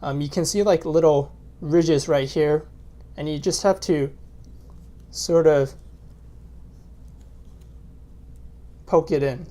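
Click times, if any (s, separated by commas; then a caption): none. A Samsung Galaxy Note 5 is poked along its little ridges into a clear Obliq Naked Shield case while someone talks. Between the words, only faint, quiet handling ticks are heard, and the case has not snapped into place yet.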